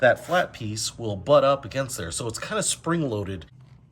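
Someone talks while handling the folding steel toe plate of a hand truck, which is lowered and rotated toward a full 90° so the wheels swing out and the spring-loaded mechanism can lock it into the frame. The clip is speech only, with no distinct mechanical sounds, and nothing has seated or clicked yet.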